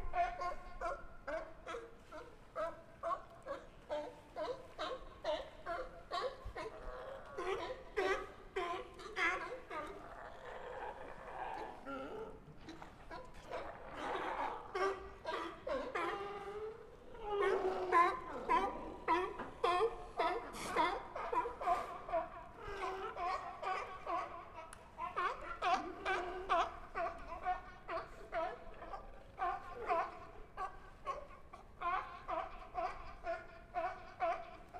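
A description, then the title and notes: Sea lions bark and roar almost without pause, their rough, overlapping calls crowding one another in a dense, restless chorus. The noise swells into a louder burst of snarling around the middle, then settles back into steady barking, with low hollow rumble underneath. Sea Lions at Pier 39. Listen to the loud sea lions fighting for their space on floating docks at Pier 39.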